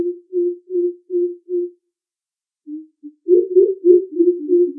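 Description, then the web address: Greater coucal giving deep, hollow hoots: five even notes, a short pause with two soft notes, then a quicker run of hoots wavering slightly in pitch. "Crow Pheasant"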